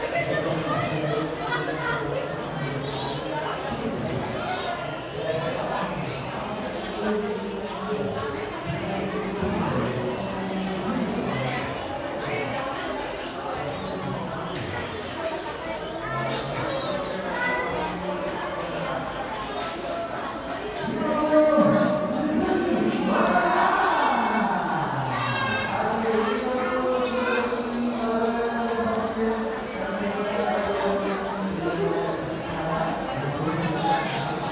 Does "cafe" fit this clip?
yes